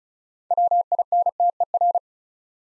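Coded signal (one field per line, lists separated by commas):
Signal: Morse code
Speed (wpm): 34 wpm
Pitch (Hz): 700 Hz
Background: none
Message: WINTER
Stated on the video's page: Practice set of easy words at 35 wpm, with context hints.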